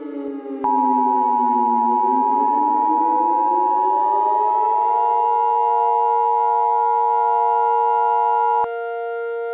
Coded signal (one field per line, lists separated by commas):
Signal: Emergency Alert System (SAME) tones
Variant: 853 and 960 Hz attention tone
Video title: EAS - ???